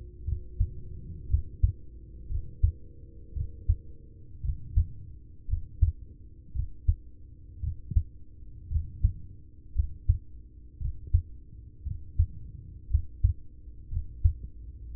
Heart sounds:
heart sounds by stethoscope; 57 bpm
0.24 s: heartbeat
1.26 s: heartbeat
2.26 s: heartbeat
3.33 s: heartbeat
4.40 s: heartbeat
5.45 s: heartbeat
6.51 s: heartbeat
7.60 s: heartbeat
8.67 s: heartbeat
9.72 s: heartbeat
10.77 s: heartbeat
11.83 s: heartbeat
12.87 s: heartbeat
13.88 s: heartbeat
14.91 s: heartbeat
From the record:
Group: heart failure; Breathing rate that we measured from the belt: 16 breaths a minute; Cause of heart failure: ischemic heart disease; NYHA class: 1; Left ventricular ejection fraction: 33%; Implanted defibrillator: present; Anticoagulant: apixaban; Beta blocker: carvedilol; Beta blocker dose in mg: 18.75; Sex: male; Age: 39 years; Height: 168 cm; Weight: 72 kg

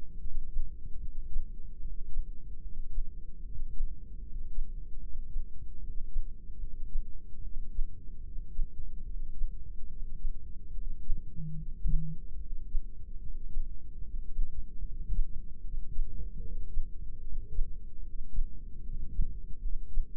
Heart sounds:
heart sounds by microphone in the right ear; 74 bpm
0.20 s: heartbeat
1.00 s: heartbeat
1.80 s: heartbeat
2.61 s: heartbeat
3.44 s: heartbeat
4.22 s: heartbeat
5.00 s: heartbeat
5.79 s: heartbeat
6.58 s: heartbeat
7.42 s: heartbeat
8.22 s: heartbeat
9.04 s: heartbeat
9.87 s: heartbeat
10.72 s: heartbeat
11.55 s: heartbeat
12.37 s: heartbeat
13.19 s: heartbeat
14.01 s: heartbeat
14.81 s: heartbeat
15.61 s: heartbeat
16.39 s: heartbeat
17.20 s: heartbeat
18.00 s: heartbeat
18.81 s: heartbeat
19.60 s: heartbeat
From the record:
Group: heart failure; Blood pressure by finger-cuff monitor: 175/119 mmHg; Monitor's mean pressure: 136 mmHg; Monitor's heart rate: 74 bpm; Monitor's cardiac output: 6.6 L/min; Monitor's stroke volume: 90 mL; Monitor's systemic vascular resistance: 1540 dyn s/cm5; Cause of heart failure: non-ischemic cardiomyopathy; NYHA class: 1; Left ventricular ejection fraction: 62%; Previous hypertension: present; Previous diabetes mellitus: present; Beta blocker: bisoprolol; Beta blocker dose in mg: 10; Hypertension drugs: sacubitril-valsartan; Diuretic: furosemide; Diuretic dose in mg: 20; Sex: male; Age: 49 years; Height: 167 cm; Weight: 110 kg

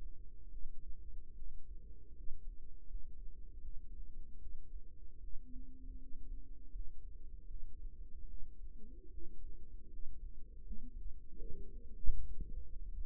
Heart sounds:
heart sounds by microphone in the right ear; 77 bpm
0.49 s: heartbeat
1.34 s: heartbeat
2.13 s: heartbeat
2.86 s: heartbeat
3.60 s: heartbeat
4.38 s: heartbeat
5.19 s: heartbeat
5.97 s: heartbeat
6.70 s: heartbeat
7.45 s: heartbeat
8.26 s: heartbeat
9.09 s: heartbeat
9.89 s: heartbeat
10.62 s: heartbeat
11.37 s: heartbeat
12.17 s: heartbeat
12.99 s: heartbeat
From the record:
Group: healthy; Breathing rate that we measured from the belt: 16 breaths a minute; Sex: female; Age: 22 years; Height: 160 cm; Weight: 63 kg

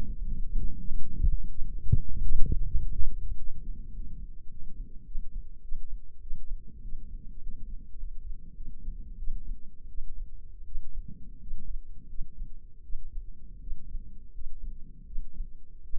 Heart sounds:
heart sounds by microphone in the left ear; 92 bpm
0.22 s: heartbeat
0.84 s: heartbeat
1.47 s: heartbeat
2.12 s: heartbeat
2.74 s: heartbeat
3.34 s: heartbeat
3.92 s: heartbeat
4.48 s: heartbeat
5.03 s: heartbeat
5.60 s: heartbeat
6.19 s: heartbeat
6.81 s: heartbeat
7.39 s: heartbeat
7.96 s: heartbeat
8.53 s: heartbeat
9.16 s: heartbeat
9.86 s: heartbeat
10.63 s: heartbeat
11.39 s: heartbeat
12.06 s: heartbeat
12.81 s: heartbeat
13.58 s: heartbeat
14.32 s: heartbeat
15.04 s: heartbeat
15.81 s: heartbeat
From the record:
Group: healthy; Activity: rest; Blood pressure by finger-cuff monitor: 114/60 mmHg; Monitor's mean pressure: 73 mmHg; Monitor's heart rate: 97 bpm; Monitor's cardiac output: 7.3 L/min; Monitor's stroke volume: 74 mL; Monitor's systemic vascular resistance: 730 dyn s/cm5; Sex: male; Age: 20 years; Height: 167 cm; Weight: 61 kg

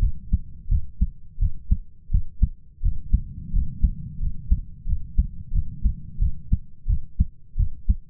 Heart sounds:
heart sounds by stethoscope; 87 bpm
0.69 s: heartbeat
1.39 s: heartbeat
2.11 s: heartbeat
2.82 s: heartbeat
3.52 s: heartbeat
4.20 s: heartbeat
4.86 s: heartbeat
5.52 s: heartbeat
6.19 s: heartbeat
6.87 s: heartbeat
7.56 s: heartbeat
From the record:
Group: healthy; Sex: male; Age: 33 years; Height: 179 cm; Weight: 80.4 kg

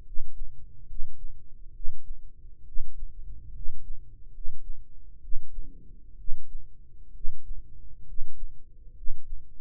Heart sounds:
heart sounds by microphone in the right ear; 67 bpm
0.83 s: heartbeat
1.69 s: heartbeat
2.61 s: heartbeat
3.49 s: heartbeat
4.28 s: heartbeat
5.17 s: heartbeat
6.14 s: heartbeat
7.09 s: heartbeat
8.02 s: heartbeat
8.91 s: heartbeat
From the record:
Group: healthy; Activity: cold pressor test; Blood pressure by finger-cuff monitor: 112/60 mmHg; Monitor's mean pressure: 71 mmHg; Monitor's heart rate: 67 bpm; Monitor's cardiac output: 7.3 L/min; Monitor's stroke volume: 108 mL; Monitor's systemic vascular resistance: 680 dyn s/cm5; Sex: male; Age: 22 years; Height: 185 cm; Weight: 112.4 kg

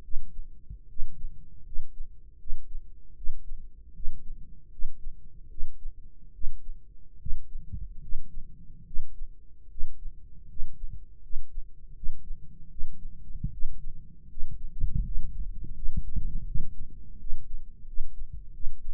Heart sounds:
heart sounds by microphone in the right ear; 78 bpm
0.01 s: heartbeat
0.87 s: heartbeat
1.63 s: heartbeat
2.37 s: heartbeat
3.14 s: heartbeat
3.93 s: heartbeat
4.69 s: heartbeat
5.48 s: heartbeat
6.32 s: heartbeat
7.18 s: heartbeat
7.99 s: heartbeat
8.84 s: heartbeat
9.68 s: heartbeat
10.46 s: heartbeat
11.20 s: heartbeat
11.93 s: heartbeat
12.68 s: heartbeat
13.50 s: heartbeat
14.27 s: heartbeat
15.02 s: heartbeat
15.73 s: heartbeat
16.44 s: heartbeat
17.17 s: heartbeat
17.84 s: heartbeat
18.51 s: heartbeat
From the record:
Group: healthy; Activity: rest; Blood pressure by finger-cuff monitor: 138/72 mmHg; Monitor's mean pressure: 94 mmHg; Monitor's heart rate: 77 bpm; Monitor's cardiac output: 7.4 L/min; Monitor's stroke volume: 94 mL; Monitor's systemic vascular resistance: 930 dyn s/cm5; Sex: male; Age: 21 years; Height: 180 cm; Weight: 67.5 kg

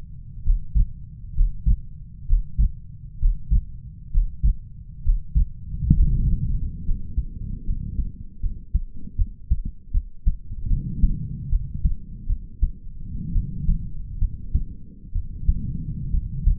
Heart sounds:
heart sounds by stethoscope; 69 bpm
0.43 s: heartbeat
1.33 s: heartbeat
2.26 s: heartbeat
3.18 s: heartbeat
4.10 s: heartbeat
5.02 s: heartbeat
5.93 s: heartbeat
6.84 s: heartbeat
7.64 s: heartbeat
8.40 s: heartbeat
9.16 s: heartbeat
9.91 s: heartbeat
10.68 s: heartbeat
11.49 s: heartbeat
12.27 s: heartbeat
13.33 s: heartbeat
14.19 s: heartbeat
15.13 s: heartbeat
16.11 s: heartbeat
From the record:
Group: healthy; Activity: breath hold 0-7 s, rest 7-17 s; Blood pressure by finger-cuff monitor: 99/80 mmHg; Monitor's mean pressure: 84 mmHg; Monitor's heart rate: 67 bpm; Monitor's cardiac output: 4.6 L/min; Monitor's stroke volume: 68 mL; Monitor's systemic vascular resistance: 1370 dyn s/cm5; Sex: male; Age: 20 years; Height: 187 cm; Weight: 68.9 kg

